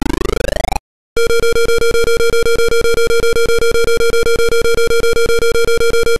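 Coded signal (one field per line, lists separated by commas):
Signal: none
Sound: game sound effects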